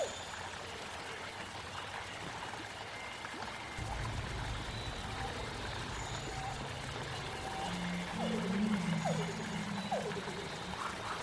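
A prehistoric forest ambience with a steady, dense hiss like running water throughout. A low rumbling drone joins just before four seconds, and around eight seconds a deeper wavering call rises, followed by a few quick falling chirps and faint thin whistles.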